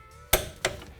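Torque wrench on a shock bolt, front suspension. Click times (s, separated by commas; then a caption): 0.3 s. A click-type torque wrench tightens a front suspension shock bolt to 74 ft-lb on a 2018 Dodge Charger Daytona 392. A sharp click at 0.3 s shows the wrench has reached its setting, and a second, slightly quieter sharp sound follows at 0.7 s against a quiet background.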